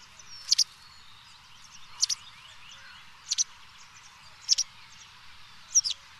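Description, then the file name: White wagtail giving sharp, high double-note calls, five in a row, over a quiet hissing background. "Bergeronnette grise"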